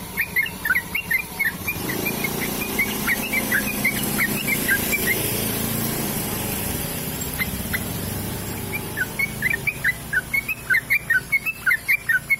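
Bird chirping in quick repeated notes at the start and end, broken by a passing vehicle rumble in the middle.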